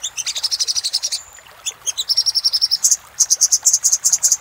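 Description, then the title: Little spiderhunter song: quick high chip notes followed by a short thin whistle, then a fast even series of sharp notes that turns slightly higher. Master song for training cage birds. "Sogok Ontong Labaik"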